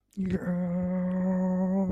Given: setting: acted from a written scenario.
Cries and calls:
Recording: vocal sound without words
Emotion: triumph

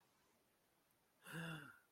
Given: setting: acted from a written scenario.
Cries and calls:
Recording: vocal sound without words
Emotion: negative surprise

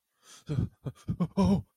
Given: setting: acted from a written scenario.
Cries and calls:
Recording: vocal sound without words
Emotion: fear

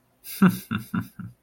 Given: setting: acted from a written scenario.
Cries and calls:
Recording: vocal sound without words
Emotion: contempt

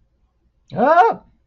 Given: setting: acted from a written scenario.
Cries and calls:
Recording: vocal sound without words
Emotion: amusement

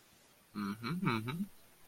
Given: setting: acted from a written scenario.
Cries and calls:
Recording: vocal sound without words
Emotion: interest

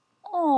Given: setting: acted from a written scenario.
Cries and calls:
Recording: vocal sound without words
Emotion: sympathy

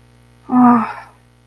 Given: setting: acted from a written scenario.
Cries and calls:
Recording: vocal sound without words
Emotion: disappointment

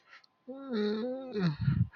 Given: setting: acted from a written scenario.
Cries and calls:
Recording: vocal sound without words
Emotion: fear

